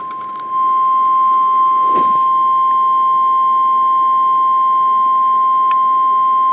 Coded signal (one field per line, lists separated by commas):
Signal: Emergency Alert System (SAME) tones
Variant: 1050 Hz attention tone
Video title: Hail, Hail, and MORE HAIL! | [EAS #246-269] | EAS Alerts From 5/6/2026